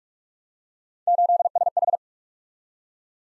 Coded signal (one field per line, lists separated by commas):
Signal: Morse code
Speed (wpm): 44 wpm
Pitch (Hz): 700 Hz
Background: none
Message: 8SH